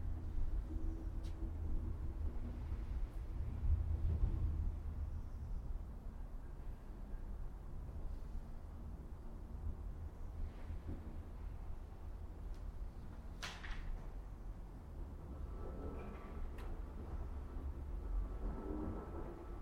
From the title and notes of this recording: Mausoleum - Piedmont, CA. Zoom H6 XY Stereo Mic Capsule. Unbranded Mini Mic Stand. Magnetic Microphone Mounts.